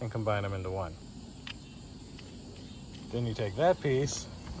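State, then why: Not seated. Someone talks while handling the assembled spray wand for a CRUIFU cordless rechargeable pressure washer, about to push it onto the front of the pressure washer gun. A few faint, short taps come at about 1.5, 2.2 and 3.0 s over a steady high hiss. Nothing has seated or clicked yet.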